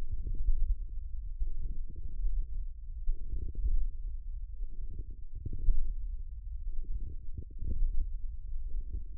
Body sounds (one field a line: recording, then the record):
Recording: forearm muscle sounds (acoustic myography)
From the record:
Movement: hand closing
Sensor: system 1, eight BSWA MPA416 microphones around the upper forearm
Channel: 6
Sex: female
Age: 21 years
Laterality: right